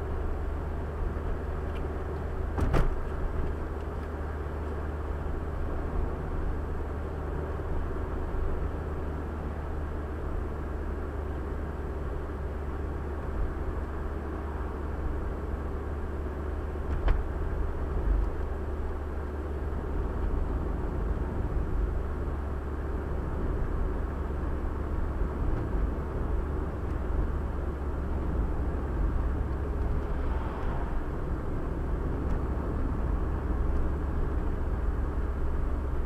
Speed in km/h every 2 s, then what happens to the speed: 57, 57, 57, 58, 58, 56, 55, 56, 55, 56, 55, 54, 53, 54, 54, 53, 54, 54.
0-36 steady at about 55.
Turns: none.